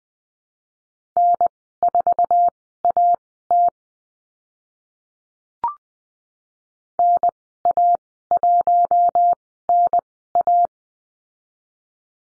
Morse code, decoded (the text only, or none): N4AT NA1NA